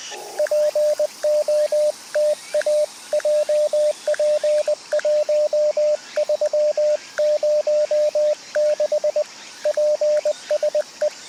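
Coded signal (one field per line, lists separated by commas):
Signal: Morse code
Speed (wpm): 20 wpm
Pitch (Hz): 600 Hz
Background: radio noise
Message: POTA JP1306 PSE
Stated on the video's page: CW from a park activation (POTA) sent at 20/18 WPM by a CW beginner running CQ POTA, on 7 MHz then 10 MHz.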